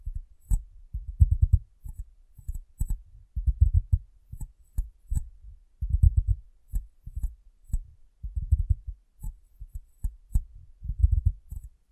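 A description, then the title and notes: Tapping and rubbing on a glass brain, heard as quick bursts of low, muffled knocks that come in clusters about once a second. Sharp clicks with a bright, crisp edge punctuate the groups. Brief silences separate each flurry throughout. ASMR Glass Brain Tapping & Cleaning (No Talking).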